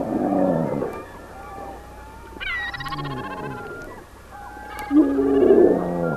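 Brown bear making short harmonic moans at the start and again near the end, with quieter tonal sounds in between.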